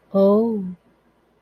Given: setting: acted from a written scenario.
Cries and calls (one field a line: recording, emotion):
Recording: vocal sound without words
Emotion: realization